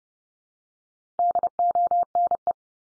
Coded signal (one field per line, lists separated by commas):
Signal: Morse code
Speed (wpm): 30 wpm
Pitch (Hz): 700 Hz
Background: none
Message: DONE